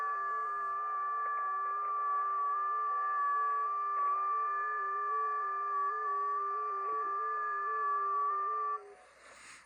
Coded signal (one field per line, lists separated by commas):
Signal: FT8